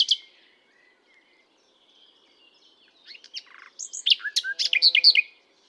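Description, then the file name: Common nightingale song: a short sharp opening note, a long quiet pause, then a loud tumbling burst of sharp, varied notes. "Luscinia megarhynchos"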